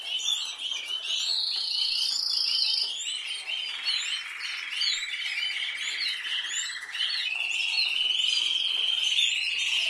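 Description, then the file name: Canary delivering long rolling trills that jump between pitches, high, then lower, then middle, with scattered sharp chirps throughout. "Canary Voice"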